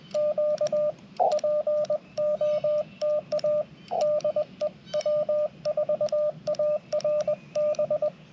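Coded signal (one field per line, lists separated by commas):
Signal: Morse code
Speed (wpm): 20 wpm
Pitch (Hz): 600 Hz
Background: radio noise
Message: Q POTA DE W4ARB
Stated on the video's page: CW Parks on the Air activation with a Yaesu FT-891, Chelegance MC-750 antenna and Bamatech TP-III paddle; many keying mistakes until switching to the Elecraft KX2 keyer.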